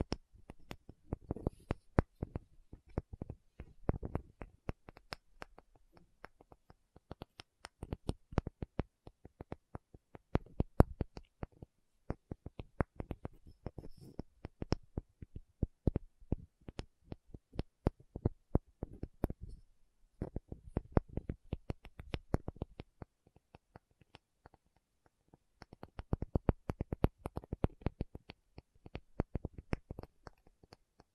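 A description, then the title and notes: Fingers tap in quick, uneven bursts of sharp clicks, with no talking. Flurries come in clusters lasting a few seconds, separated by short pauses, notably around 20 and 25 seconds. The taps are crisp, with a soft low thump beneath each. Tapping Session (No Talking).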